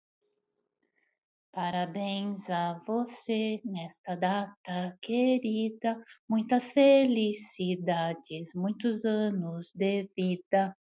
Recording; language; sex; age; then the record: short text; Brazilian Portuguese; male; 50 to 59 years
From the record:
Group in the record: control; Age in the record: 54 years